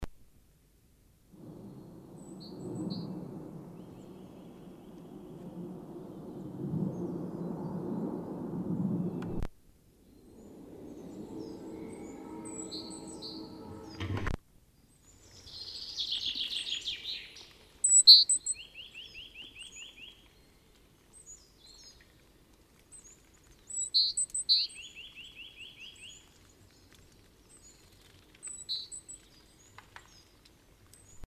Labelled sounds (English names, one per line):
Great Tit song
Common Chaffinch
Eurasian Nuthatch